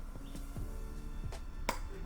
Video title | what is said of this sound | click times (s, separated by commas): How to Shoot 35mm film | firstly you'll need to open the back of your camera more often than not you'll need to pull up on the film rewind tab until you hear a pop | 1.7 s